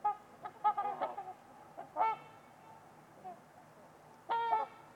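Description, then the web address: Trumpeter swan giving a quick run of nasal honking notes, a few more scattered honks, then a longer loud honk at the end, over faint background hiss. Trumpeter swans at Winters Lake on a winter's evening, in a deep, quiet valley. "Trumpeter Swans on a Winter's Eve. Winters-Lake-with-Swan. Wind Is the Original Radio"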